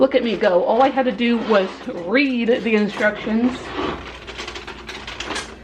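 Someone talks while pushing a second plastic foot against the base of a plastic hamster cage, with brief taps near 4.9 s and 5.2 s. The foot will not go in, and there is a fear of cracking the plastic, so nothing has seated or clicked yet.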